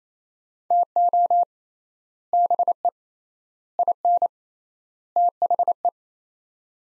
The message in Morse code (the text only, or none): TO BE IN THE